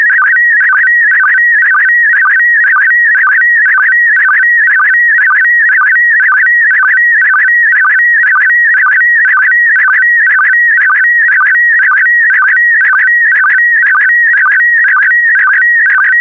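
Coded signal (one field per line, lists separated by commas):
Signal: SSTV (slow-scan television)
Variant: PD120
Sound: continuous warbling electronic tone jumping quickly between pitches, with repeating low blips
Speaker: complete. You can now check your decoded image against the picture that is shown on the video.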